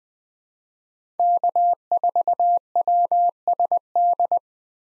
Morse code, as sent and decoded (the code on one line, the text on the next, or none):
-.- ....- .-- ... -..
K4WSD